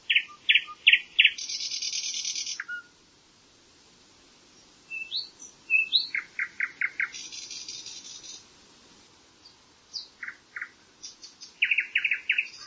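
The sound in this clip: Bird calls: sharp repeated chirps in quick groups, interrupted by high buzzy bursts and a silent pause, then more rapid clusters of clipped notes toward the end.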